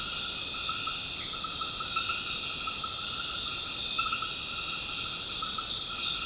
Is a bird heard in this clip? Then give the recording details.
no. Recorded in secondary vegetation near Puerto Asís, Putumayo, Colombia, on 12 March 2025 at 19:30. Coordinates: 0.485, -76.322. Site G040